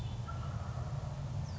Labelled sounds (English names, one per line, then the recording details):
Wild Turkey
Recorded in Sonoma County, California